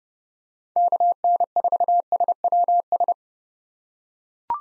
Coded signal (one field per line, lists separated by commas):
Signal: Morse code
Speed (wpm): 30 wpm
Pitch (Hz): 700 Hz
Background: none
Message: KN4SWS